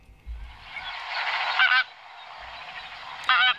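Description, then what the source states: Greater flamingo calls: harsh, goose-like honking with a broad noisy band, a long rough burst, then a shorter loud honk, over a continuous noisy background. Played back; can be heard on any summer night flying overhead in the dark.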